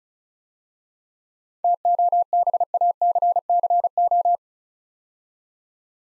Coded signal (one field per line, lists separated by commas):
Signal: Morse code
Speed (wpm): 36 wpm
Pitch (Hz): 700 Hz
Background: none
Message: TOBACCO